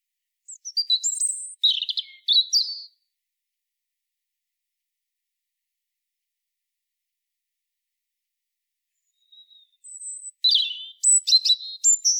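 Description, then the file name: European robin song: a short, tinkling, wavering phrase, then a long silence of several seconds, then another high, fluty and twittering phrase; nothing else heard. "Erithacus rubecula"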